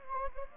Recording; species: mosquito wingbeat signal from an infrared sensor; Anopheles gambiae